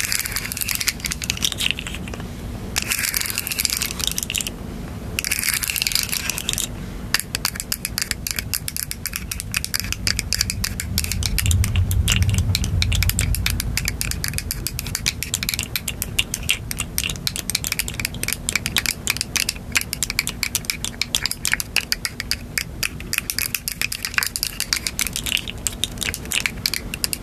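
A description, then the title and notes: Aggressive tapping comes in a dense, rapid stream of sharp, bright clicks and knocks that barely pause over the whole stretch. Early on, a few brief bursts of hissy noise break through, and a low, steady hum runs underneath throughout. Tapping, Calming Triggers. Aggressive Tapping.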